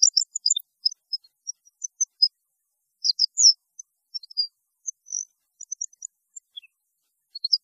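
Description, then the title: European goldfinch song of high, thin chirps and short tinkling twitters spread throughout, with brief bursts of rapid notes. "Chant Chardonneret"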